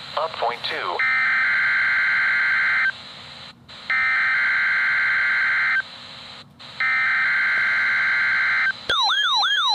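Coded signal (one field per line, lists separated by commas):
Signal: Emergency Alert System (SAME) tones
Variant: header bursts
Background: speech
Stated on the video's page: Required weekly test on NOAA Weather Radio station, recorded with a camcorder.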